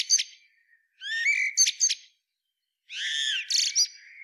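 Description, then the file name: Eurasian blackbird giving short song phrases: a clipped note, then a rich warble ending in squeaky high twitters, a pause, and another fluting phrase with a thin trailing note. "Turdus merula"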